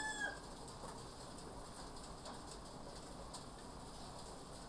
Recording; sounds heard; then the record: poultry house recording; sick chickens (respiratory disease)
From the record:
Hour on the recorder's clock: 2